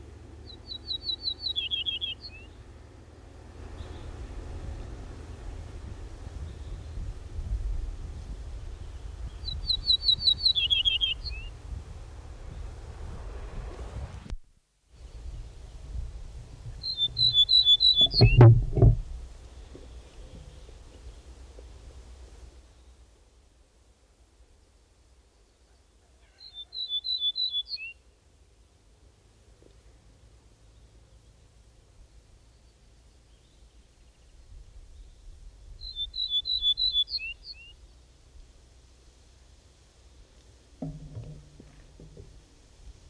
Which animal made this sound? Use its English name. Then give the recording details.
Ortolan Bunting. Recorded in the wild. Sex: male. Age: adult. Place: Walsrode, OT Hamwiede, Lüneburger Heide, Niedersachsen, DE. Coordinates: 52.8964, 9.45972. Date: 1970-05-24. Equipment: Uher 4000 Report-S, Bändchenmikro Beyer M 260, Parabolspiegel Polyester (470 mm). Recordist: Conrads, Klaus. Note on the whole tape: Männchen (Walsrode 7): Mischsänger - Wendland/Walsrode. Datumsansage am Anfang: 10.05.1970